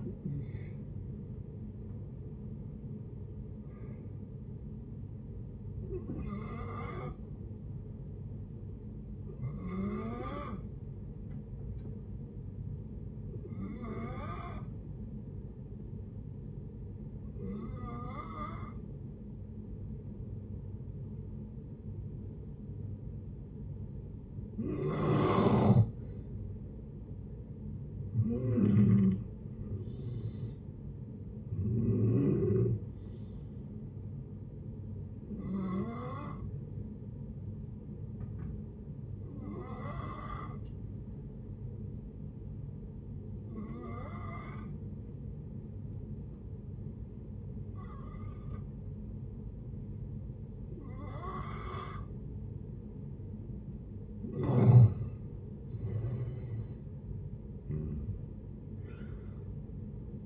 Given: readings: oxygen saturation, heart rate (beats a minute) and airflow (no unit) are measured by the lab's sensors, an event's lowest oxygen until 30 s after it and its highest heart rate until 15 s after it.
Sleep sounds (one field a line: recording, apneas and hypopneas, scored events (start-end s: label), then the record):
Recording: breathing in sleep by a smartphone at the bedside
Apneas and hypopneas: 2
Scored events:
5.00-25.30 s: hypopnea (N1, oxygen 95% highest, then 89% lowest, heart rate 68 at the start, 73 highest)
21.00-51.00 s: new sleep stage, N2 (light sleep)
40.00-55.10 s: hypopnea (N2, oxygen 95% highest, then 85% lowest, heart rate 58 at the start, 81 highest)
51.00-60.26 s: new sleep stage, N1 (lightest sleep)
From the record:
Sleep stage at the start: N1 (lightest sleep)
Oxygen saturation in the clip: 87 to 95%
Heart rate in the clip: 56 to 73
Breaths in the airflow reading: 16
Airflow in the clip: -11.9 to 14.5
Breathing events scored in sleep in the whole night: 496 in 5.4 hours asleep